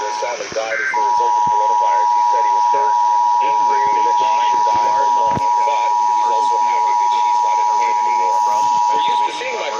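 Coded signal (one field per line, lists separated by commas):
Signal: Emergency Alert System (SAME) tones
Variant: 853 and 960 Hz attention tone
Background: speech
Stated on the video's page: Pennsylvania statewide Required Monthly Test relayed by AM, FM, translator, cable and TV stations.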